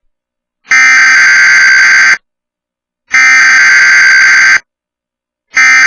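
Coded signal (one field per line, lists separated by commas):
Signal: Emergency Alert System (SAME) tones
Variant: header bursts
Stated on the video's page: Required Weekly Test shown by the TWC TV app on Roku, appearing repeatedly for unrelated cities due to a glitch.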